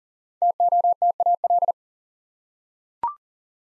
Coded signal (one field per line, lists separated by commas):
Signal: Morse code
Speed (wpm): 39 wpm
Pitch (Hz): 700 Hz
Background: none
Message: TOTAL